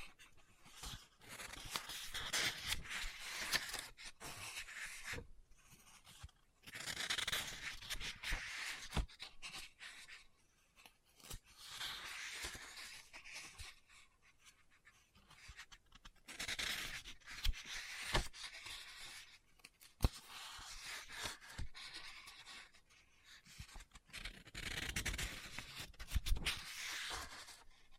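Book pages are scratched and turned in bursts of dense rustling, with a few sharp taps and short quiet pauses between passes.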